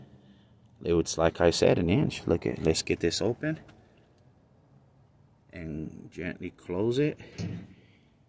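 Someone talks while handling the metal cab door of a skid steer, opening it and preparing to gently close it so its latch meets the cab frame. Two stretches of speech are heard with a quiet pause between them. The clip ends before the door shuts, so nothing has seated or clicked yet.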